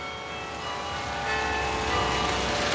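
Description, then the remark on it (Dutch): The town hall carillon bells ring out in sustained, overlapping metallic tones over a steady low rumble of background noise, swelling slightly louder as the chiming continues. “Het is het carillon van het gemeentehuis wat je hoort, niet de kerk.”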